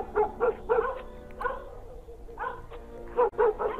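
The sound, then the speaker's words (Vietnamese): Dogs in a village bark at night in short, uneven bursts, a few quick yaps, a pause, then another cluster, with faint background noise between them and no sustained howl standing out. “Sau hôm ấy, tối nào, chó ở trong xóm cũng sủa nhát gừng, rồi rú lên ghê rợn.”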